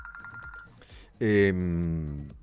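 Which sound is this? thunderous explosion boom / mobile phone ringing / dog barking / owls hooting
mobile phone ringing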